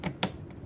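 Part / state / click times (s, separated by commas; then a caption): propane hose quick-connect fitting into a generator fuel inlet / seated / 0.2 s. A propane hose quick-connect fitting is pushed into the fuel inlet coupling of a Champion 3400 Dual Fuel Inverter Generator. A soft tap at 0.1 s is followed by a sharp, bright click at 0.2 s. The fitting clicks home and is seated.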